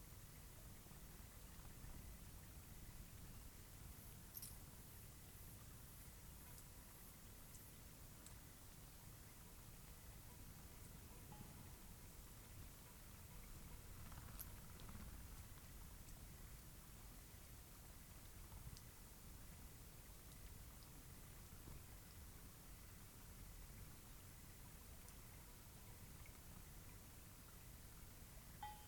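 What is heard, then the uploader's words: A cloudy night beside Taylor Lake in the Russian Wilderness, California: a steady, soft hiss with a low rumble underneath, unchanging throughout. A brief run of high, quick chirps rises around four seconds, and a few faint clicks and ticks appear now and then. This was recorded on a cloudy night beside Taylor Lake in the Russian Wilderness, Klamath National Forest, Siskiyou County, California. The recording starts at around midnight and continues until sunrise. The night was fairly calm with a faint breeze blowing through the treetops.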